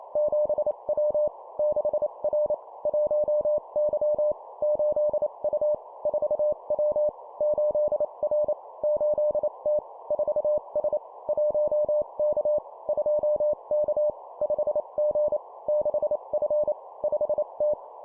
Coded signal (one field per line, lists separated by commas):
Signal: Morse code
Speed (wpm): 28 wpm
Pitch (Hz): 600 Hz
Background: none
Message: 7W 6R 1Y 8U 4W 8R 8T 4S 1K 2K 5G 6F 5T